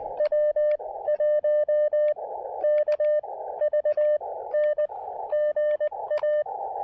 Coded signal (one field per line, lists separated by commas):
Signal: Morse code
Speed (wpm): 17 wpm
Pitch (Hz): 560 Hz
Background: radio noise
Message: W1KVN GA